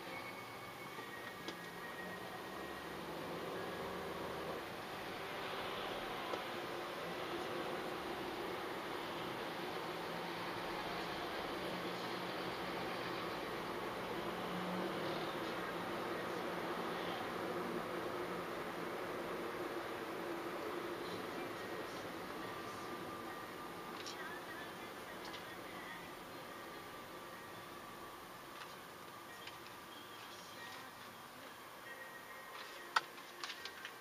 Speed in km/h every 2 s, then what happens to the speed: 24, 20, 18, 22, 23, 25, 27, 30, 34, 39, 43, 43, 39, 34, 27, 22, 18.
0-4 slows to 18. 4-22 speeds up to 43. 22-34 slows to 18.